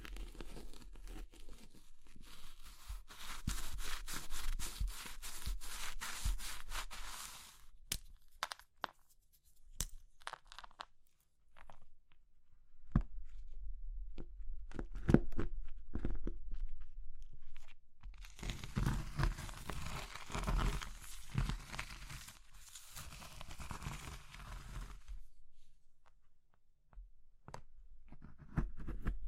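Crumbly soap, chalk or meringue is crushed and rubbed in dense bursts of crackling and crunching, with busy stretches from the start to about 8 seconds and again around 18 to 25 seconds. Between them come sparser, sharper snaps and short scraping touches, with brief quiet gaps.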